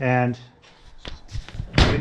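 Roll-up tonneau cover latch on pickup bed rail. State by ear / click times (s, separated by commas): released / 1.8 s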